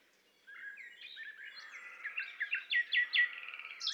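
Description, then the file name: Common nightingale song, a phrase of repeated notes that grows louder into a rapid, ringing series, ending on a high twitter. "Luscinia megarhynchos"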